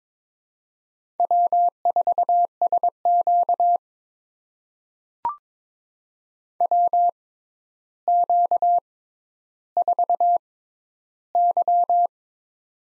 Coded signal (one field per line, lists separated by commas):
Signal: Morse code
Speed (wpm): 22 wpm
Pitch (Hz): 700 Hz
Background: none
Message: W4SQ WQ4Y